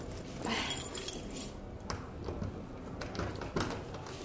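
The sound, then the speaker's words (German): Keys jangle and scrape as one is pushed and jiggled into a suitcase lock but does not fit, with soft metallic clicks and rattles over a low, steady background rumble. “Hallo, Witwit, schließen Sie auf. Der Schlüssel passt nicht.”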